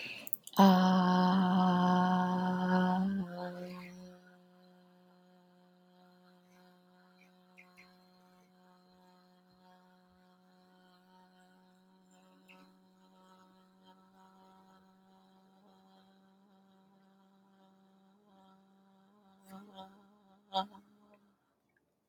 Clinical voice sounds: vowel held as long as possible; female; 30 to 39 years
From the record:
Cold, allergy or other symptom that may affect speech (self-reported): no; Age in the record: 30 years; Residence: Illinois, United States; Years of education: 18

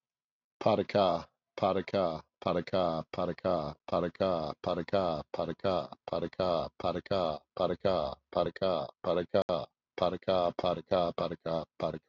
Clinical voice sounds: repeated syllables /pa ta ka/; male; 50 to 59 years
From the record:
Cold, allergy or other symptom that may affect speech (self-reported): no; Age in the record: 56 years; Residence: New York, United States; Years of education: 13

